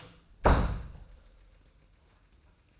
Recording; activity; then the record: daily activity, microphone in the room; close door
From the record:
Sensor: 2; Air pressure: 990.2 hPa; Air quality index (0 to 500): 179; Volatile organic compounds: 1000 ppm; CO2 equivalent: 5667 ppm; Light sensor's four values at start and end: 34/79/33/33 and 34/80/33/33